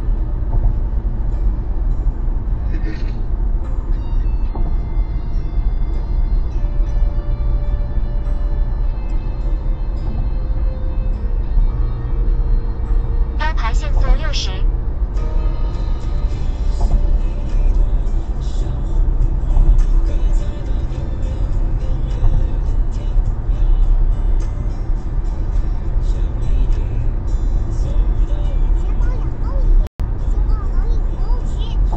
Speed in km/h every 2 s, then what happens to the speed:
89, 90, 91, 92, 91, 92, 94, 94, 94, 100, 101, 101, 102, 104, 105, 102.
0-32 speeds up to 102.